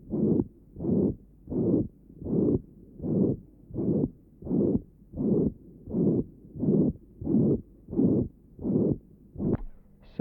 Patient has a ventricular septal defect. Recording taken at left sternal edge. Note the pan-systolic murmur.